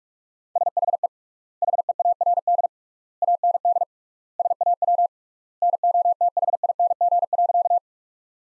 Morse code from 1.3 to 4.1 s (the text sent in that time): HEARD AND